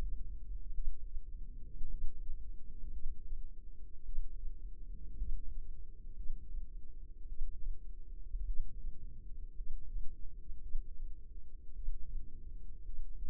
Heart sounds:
heart sounds by microphone in the left ear; 55 bpm
0.73 s: heartbeat
1.89 s: heartbeat
2.91 s: heartbeat
4.04 s: heartbeat
5.17 s: heartbeat
6.15 s: heartbeat
7.27 s: heartbeat
8.45 s: heartbeat
9.55 s: heartbeat
10.61 s: heartbeat
11.74 s: heartbeat
12.84 s: heartbeat
From the record:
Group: healthy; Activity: rest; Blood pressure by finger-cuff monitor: 88/60 mmHg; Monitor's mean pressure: 68 mmHg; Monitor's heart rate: 54 bpm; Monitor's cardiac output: 4.1 L/min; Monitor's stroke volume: 74 mL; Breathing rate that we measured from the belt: 17 breaths a minute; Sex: female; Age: 36 years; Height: 163 cm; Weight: 88 kg

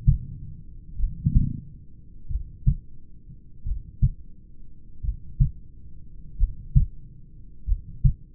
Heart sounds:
heart sounds by stethoscope; 45 bpm
1.02 s: heartbeat
2.33 s: heartbeat
3.69 s: heartbeat
5.06 s: heartbeat
6.42 s: heartbeat
7.70 s: heartbeat
From the record:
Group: heart failure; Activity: rest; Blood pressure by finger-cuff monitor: 139/58 mmHg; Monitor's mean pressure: 80 mmHg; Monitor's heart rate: 46 bpm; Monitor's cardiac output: 6.5 L/min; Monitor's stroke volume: 137 mL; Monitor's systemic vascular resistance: 920 dyn s/cm5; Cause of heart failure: familial cardiomyopathy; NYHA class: 1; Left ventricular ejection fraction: 49%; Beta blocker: bisoprolol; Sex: male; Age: 31 years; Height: 194 cm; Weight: 96 kg

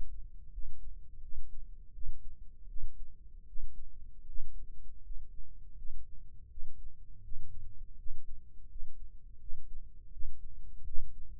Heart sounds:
heart sounds by microphone in the left ear; 81 bpm
0.51 s: heartbeat
1.21 s: heartbeat
1.93 s: heartbeat
2.67 s: heartbeat
3.46 s: heartbeat
4.26 s: heartbeat
5.03 s: heartbeat
5.76 s: heartbeat
6.49 s: heartbeat
7.22 s: heartbeat
7.97 s: heartbeat
8.68 s: heartbeat
9.39 s: heartbeat
10.11 s: heartbeat
10.84 s: heartbeat
From the record:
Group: healthy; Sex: female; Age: 37 years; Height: 168 cm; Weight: 70 kg

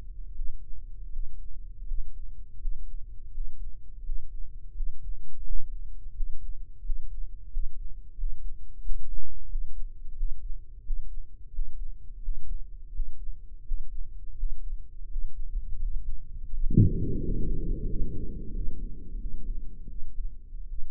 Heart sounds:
heart sounds by microphone in the right ear; 85 bpm
0.28 s: heartbeat
1.06 s: heartbeat
1.81 s: heartbeat
2.54 s: heartbeat
3.27 s: heartbeat
3.99 s: heartbeat
4.70 s: heartbeat
5.40 s: heartbeat
6.10 s: heartbeat
6.79 s: heartbeat
7.47 s: heartbeat
8.13 s: heartbeat
8.79 s: heartbeat
9.45 s: heartbeat
10.13 s: heartbeat
10.80 s: heartbeat
11.49 s: heartbeat
12.18 s: heartbeat
12.90 s: heartbeat
13.61 s: heartbeat
14.33 s: heartbeat
15.06 s: heartbeat
15.78 s: heartbeat
16.48 s: heartbeat
17.17 s: heartbeat
17.85 s: heartbeat
18.52 s: heartbeat
19.17 s: heartbeat
19.86 s: heartbeat
20.67 s: heartbeat
From the record:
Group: healthy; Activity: breath hold 0-16 s, rest 16-21 s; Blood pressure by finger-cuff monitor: 108/69 mmHg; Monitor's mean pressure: 81 mmHg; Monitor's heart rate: 86 bpm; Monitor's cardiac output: 7.7 L/min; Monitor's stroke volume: 90 mL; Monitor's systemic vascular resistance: 720 dyn s/cm5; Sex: male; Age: 23 years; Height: 178 cm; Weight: 96.6 kg

